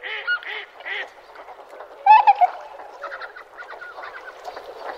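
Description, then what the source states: Tundra swans giving short nasal honks, a few clear calls at the start, then a louder burst of clamour midway, over softer background calling. Sugao marsh, Ibaraki Prefecture, Japan.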